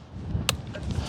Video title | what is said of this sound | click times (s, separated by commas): Big Guy Approved? Brand New Splach Thunder Review | once I hear that nice little click then I know it's safely locked into place | 0.5 s